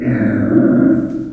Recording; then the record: squeal of a Yucatan mini pig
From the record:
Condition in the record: after surgery on the right vocal fold (resection and tissue-engineered implant); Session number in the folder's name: 4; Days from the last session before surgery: 26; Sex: female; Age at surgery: 19 weeks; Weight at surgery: 25 kg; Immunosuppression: prednisolone